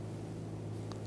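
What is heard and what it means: With its locking tabs released, the old radiator cap is popped off the radiator filler neck of a 1992-1996 Toyota Camry 2.2L I4. A short, sharp pop at 0.9 s stands out over a steady low hum, and the cap comes off.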